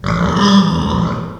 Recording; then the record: squeal of a Yucatan mini pig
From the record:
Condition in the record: after surgery on the right vocal fold (resection and tissue-engineered implant); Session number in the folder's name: 15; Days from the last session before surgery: 175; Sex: female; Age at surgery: 19 weeks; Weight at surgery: 25 kg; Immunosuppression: prednisolone